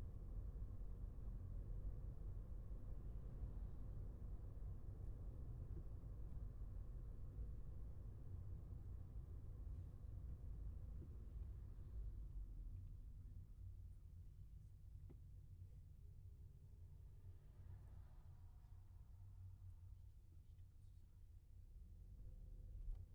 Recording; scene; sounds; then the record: everyday scene through a hearing-aid microphone; in a vehicle; engine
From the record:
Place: Skoda Fabia, gasoline engine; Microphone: behind the ear, left, front